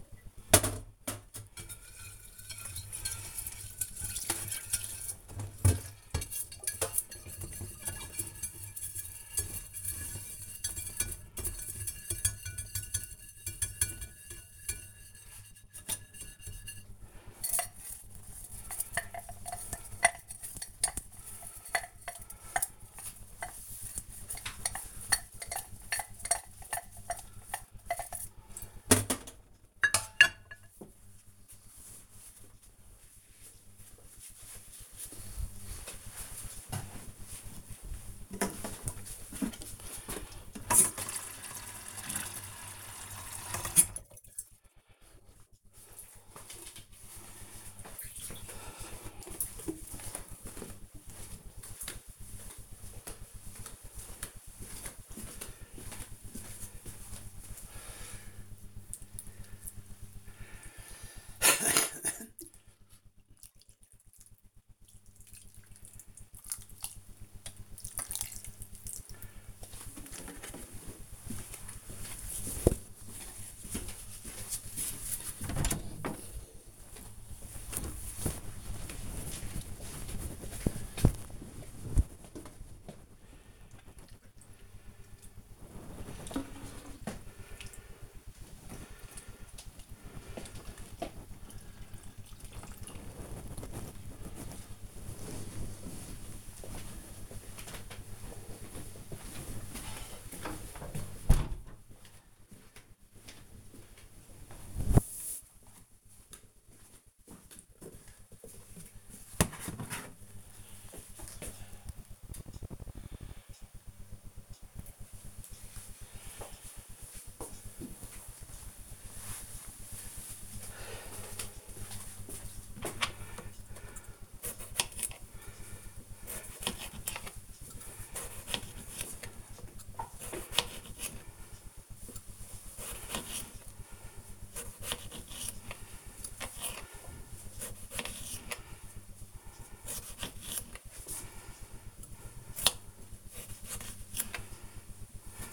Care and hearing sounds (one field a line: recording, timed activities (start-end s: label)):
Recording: household activities, microphone on the right wrist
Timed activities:
0.00-28.16 s: washing dishes
40.28-93.65 s: watering plant
122.86-145.53 s: cutting vegetables